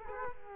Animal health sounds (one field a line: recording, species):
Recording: mosquito wingbeat signal from an infrared sensor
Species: Culex quinquefasciatus